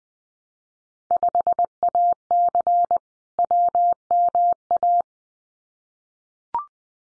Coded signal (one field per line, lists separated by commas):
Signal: Morse code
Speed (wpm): 20 wpm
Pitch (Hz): 700 Hz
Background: none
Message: 5AC WMA